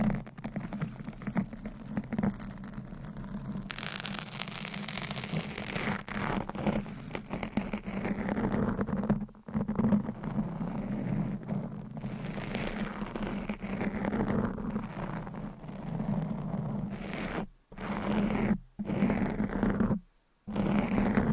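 Deep mic scratching, brushing and stroking with a steady low rumble underneath. The rubbing is continuous and dense, shifting in texture as strokes sweep up and fade. Near the end it breaks into short gaps of near silence around 17 to 21 seconds.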